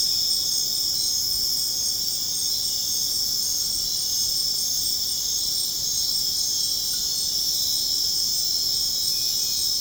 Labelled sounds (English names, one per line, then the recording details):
none
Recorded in dense forest near Puerto Asís, Putumayo, Colombia, on 23 June 2025 at 20:30
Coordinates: 0.486, -76.317
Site G065